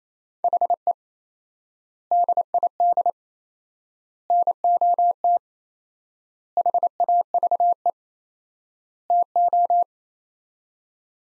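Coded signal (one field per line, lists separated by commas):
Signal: Morse code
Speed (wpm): 28 wpm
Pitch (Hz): 700 Hz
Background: none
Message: HE DID NOT HAVE TO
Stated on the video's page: Morse code practice of five-word sets at 28 wpm with 4x word spacing, a Farnsworth-like method using words, each set sent, spoken, then resent.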